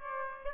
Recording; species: mosquito wingbeat signal from an infrared sensor; Aedes aegypti